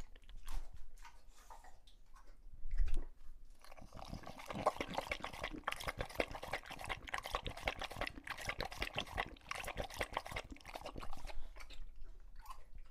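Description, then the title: English Bulldog drinking noisily, rapid sloshing laps at water in a bowl, continuing steadily for several seconds. English Bulldog drinking water from a bowl after a long walk, heavy breathing between drinks, out of breath from the walk and from drinking so long. "English Bulldog Drinks from Water Bowl - Weird Sounds"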